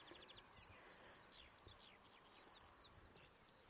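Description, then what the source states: Eurasian skylark song, a faint, continuous stream of high, rapid chirps and trills with soft outdoor background noise. Nature reserve on the Hampshire, Wiltshire and Dorset border, England; orchid-filled meadows; summer; evening, rain just easing after several days of rain.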